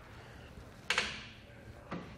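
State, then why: Seated. The braided steel, PVC-coated cable is pulled out of the nylon housing of a Lippert ToyLok stake pocket mounted retractable cable lock for a truck bed. Sharp clicks ring out at 0.9 s and 1.9 s as the internal catch engages. The ratchet catches and holds, so the cable stays in place and does not retract.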